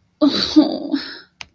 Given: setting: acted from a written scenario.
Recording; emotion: vocal sound without words; shame